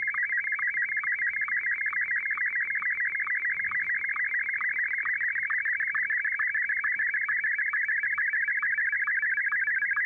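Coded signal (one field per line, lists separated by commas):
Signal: SSTV (slow-scan television)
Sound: continuous warbling, rapidly stepping tone with regular quick low blips throughout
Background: small room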